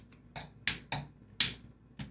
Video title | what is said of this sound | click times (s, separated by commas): Daytona Gun L85 | selector's nice, good positive clicks. We're good. | 0.7 s, 1.4 s